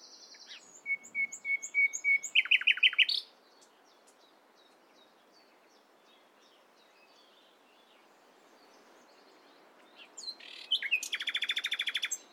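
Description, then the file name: Common nightingale song: accelerating series of whistled notes ending in downslurs, a long pause with faint chirps, then a loud rapid rattle of repeated notes. "Luscinia megarhynchos"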